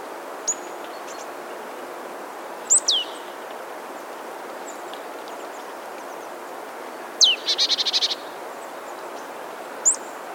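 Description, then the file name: Marsh tit calls: scattered high thin notes, then a sharp downslurred note followed by a fast buzzy chatter, against constant background hiss. "Poecile palustris"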